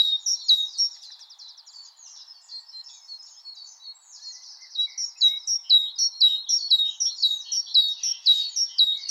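Great tit song: softer twittering notes, then high, bright two-note phrases repeated rapidly in a chain.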